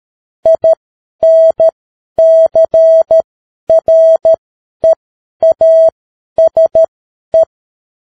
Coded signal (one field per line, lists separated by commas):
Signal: Morse code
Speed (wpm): 13 wpm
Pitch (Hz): 650 Hz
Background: none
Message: INCREASE